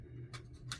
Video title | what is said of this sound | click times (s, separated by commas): Kwikset 240 autolock install how to | You can kind of see and hear it click in. | 0.7 s